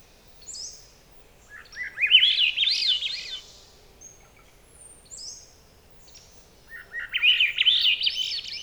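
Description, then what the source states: Swainson's thrush song: two rising spiral phrases about five seconds apart, with brief high thin notes between. Subspecies ustulatus.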